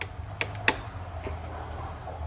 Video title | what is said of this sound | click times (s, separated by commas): GMC Jimmy/Blazer Cluster Removal (Bulb Replacement) | locks into place | 0.7 s